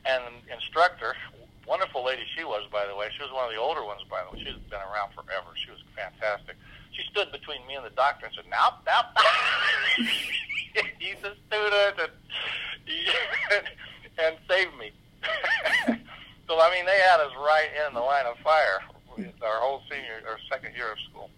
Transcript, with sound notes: And the instructor--wonderful lady she was, by the way, she was one of the older ones, she'd been around forever, she was fantastic--she stood between me and the doctor and said, "Now, now, he's a student." (laughs) And saved me. So I mean, they had us right in the line of fire our whole second year of school.